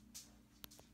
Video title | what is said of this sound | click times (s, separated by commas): Telefunken Concertino 7 Radio Repair Part 1 of 5 | wasn't damaged I checked the wire connectors are so good it snaps back in right here which | 0.6 s